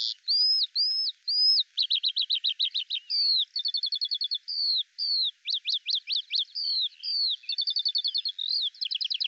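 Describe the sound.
Eurasian skylark song, a continuous high warbling stream of rapid trills, slurred whistles and buzzy repeated notes changing every second or so, with no other sounds.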